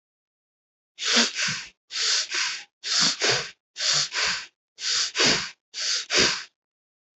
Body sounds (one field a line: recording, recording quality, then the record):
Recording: shallow breathing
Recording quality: excellent, no background noise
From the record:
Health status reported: healthy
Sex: male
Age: 32 years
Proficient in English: yes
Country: India